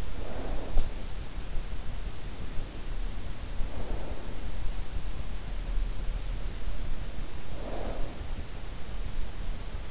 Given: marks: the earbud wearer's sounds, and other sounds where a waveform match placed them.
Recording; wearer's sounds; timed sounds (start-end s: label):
sounds in sleep by an in-ear microphone; snoring breath
0.00-1.00 s: snoring breath
3.66-4.46 s: snoring breath
7.40-8.23 s: snoring breath